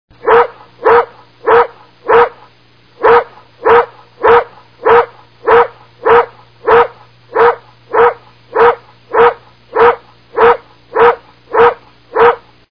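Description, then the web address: Dog barking in a steady series of about twenty sharp barks, one roughly every 0.6 seconds with a short gap near the start, and a low steady hum underneath. "hayvanlar kopek"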